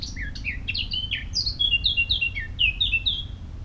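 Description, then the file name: Eurasian blackcap song: scratchy warbled notes followed by louder, clearer whistled notes in quick succession. "Sylvia atricapilla"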